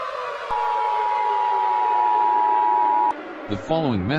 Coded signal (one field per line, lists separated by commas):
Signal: Emergency Alert System (SAME) tones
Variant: 853 and 960 Hz attention tone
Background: speech